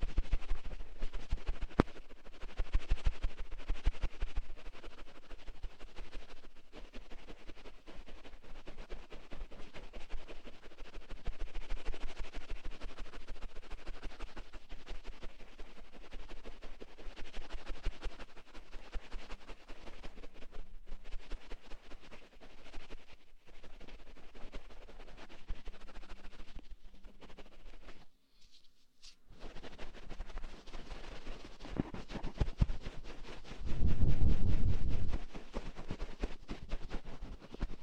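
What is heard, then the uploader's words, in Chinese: A cotton swab cleaning an ear gives a steady run of soft scratching and rustling rubs, dense and uneven. Around 28 seconds the scraping nearly stops for a moment, then resumes, and near 34 seconds a low muffled thump swells briefly. 棉签清洗耳朵。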